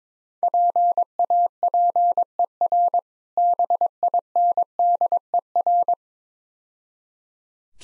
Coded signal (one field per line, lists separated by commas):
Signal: Morse code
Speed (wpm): 22 wpm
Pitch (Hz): 700 Hz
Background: none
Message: PAPER BINDER